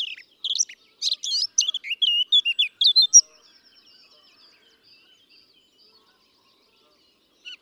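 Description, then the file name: Eurasian blackcap song, a rapid scratchy warble of twisting notes lasting about three seconds, then near silence with one brief note at the end. "Sylvia atricapilla"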